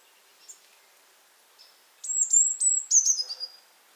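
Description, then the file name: Eurasian blue tit calling: a quick run of high, thin notes, with a few faint single notes earlier. "Cyanistes caeruleus"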